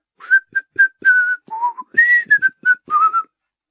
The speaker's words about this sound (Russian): зашагал широко и независимо, и от радостных чувств засвистел неумело, но громко.